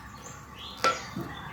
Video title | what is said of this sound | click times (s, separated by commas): Gas Can issues solved | and the half here is uh pretty nice it just snaps into place here | 0.8 s